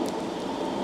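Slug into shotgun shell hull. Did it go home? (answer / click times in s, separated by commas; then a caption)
no / none. While hand-loading a 12-gauge shotgun shell with a Gaep BN2 steel die, a 28.5 g Gualandi sub-caliber slug is pushed down the hull with a rammer toward the wad and powder charge. Only a steady, broadband rustling noise is heard, with no distinct knocks. Nothing has seated or clicked yet.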